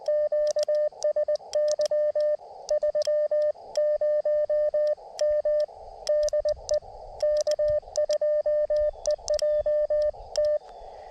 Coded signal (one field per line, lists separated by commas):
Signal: Morse code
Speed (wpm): 20 wpm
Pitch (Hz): 600 Hz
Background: radio noise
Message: QSY 30M DE K2EJT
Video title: A little CW POTA at K-2096 Letchworth State Park